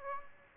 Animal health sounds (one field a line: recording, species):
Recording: mosquito wingbeat signal from an infrared sensor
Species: Aedes aegypti